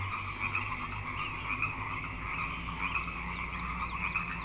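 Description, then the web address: Frog chorus, a dense unbroken wall of trilled croaks with short chirping notes laid on top and a low hum beneath. Frog chorus on Grafton Lake, recorded 3 May 2009. "The Frog Chorus Tunes Up On Grafton Lake frogs 090503"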